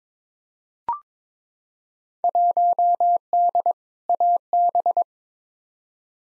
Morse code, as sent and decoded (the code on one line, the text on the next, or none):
.---- -.. / .- -...
1D AB